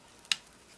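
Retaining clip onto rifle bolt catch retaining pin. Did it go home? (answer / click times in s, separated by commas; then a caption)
yes / 0.3 s. A screwdriver is turned against the retaining clip on a rifle bolt catch retaining pin and pushed down until the clip snaps fully onto the pin. A faint tick at 0.25 s is followed by a sharp, bright click at 0.3 s that fades quickly. The clip is seated all the way on the pin.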